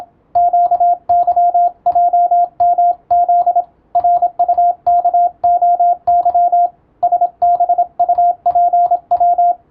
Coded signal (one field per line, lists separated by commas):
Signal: Morse code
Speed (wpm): 27 wpm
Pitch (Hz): 700 Hz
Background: radio noise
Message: QYJMZ RUKOY SBUPW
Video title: 「トン」と「ツー」で世界をつなぐモールス符号！YouTubeの再生速度を聞き取りやすい速度に設定して受信練習を始めてみませんか(morse code practice radio operator )